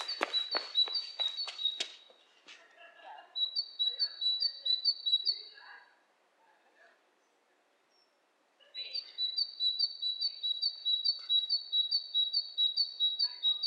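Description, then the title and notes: Bird calls: clicking taps at the start with high chirps, a chirping series, a silent gap, then a long fast run of paired high chirps. Two birds interacting, lo-fi recording. "bird dialogs. lo-fi recording of two birds interacting"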